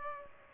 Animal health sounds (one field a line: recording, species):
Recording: mosquito wingbeat signal from an infrared sensor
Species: Aedes aegypti